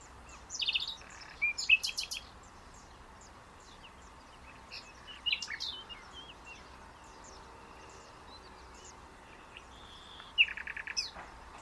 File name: Luscinia megarhynchos